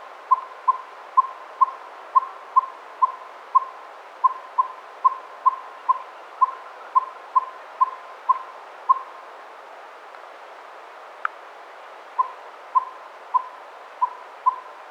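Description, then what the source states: Northern saw-whet owl delivering a long run of rapid, evenly pitched whistled toots, a gap of a few seconds with one sharp click, then the toots resume. Nominate subspecies Aegolius acadicus acadicus.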